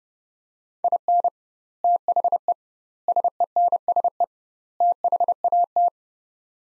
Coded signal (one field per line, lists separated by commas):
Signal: Morse code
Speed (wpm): 32 wpm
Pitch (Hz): 700 Hz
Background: none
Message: IN THE SENSE THAT